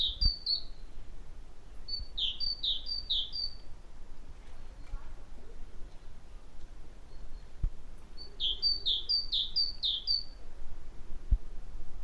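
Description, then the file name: Great tit song: short bursts of bright two-note phrases, a high note dropping to a lower one, repeated quickly two to four times, with quiet gaps between bursts. "Parus major"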